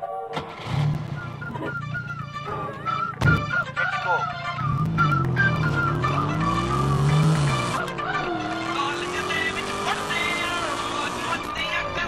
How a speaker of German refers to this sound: fährt mit seinem Auto zur Arbeit.